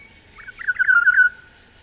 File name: Oriolus Sagittatus